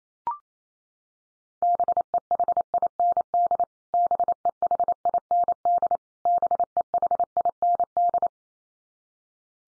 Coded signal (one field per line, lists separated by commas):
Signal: Morse code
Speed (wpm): 28 wpm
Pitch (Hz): 700 Hz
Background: none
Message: BEHIND BEHIND BEHIND